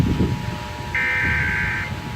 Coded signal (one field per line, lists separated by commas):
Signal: Emergency Alert System (SAME) tones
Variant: header bursts